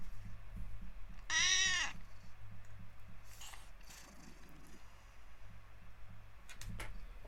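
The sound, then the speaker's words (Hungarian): A cat gives a single loud, drawn-out meow with a rising-then-falling pitch, over a steady low mechanical hum and faint rhythmic clicking. “Mit szeretnél, cica?”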